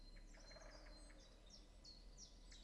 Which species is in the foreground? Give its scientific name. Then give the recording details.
Dendrocopos major. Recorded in Germany. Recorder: ecoPi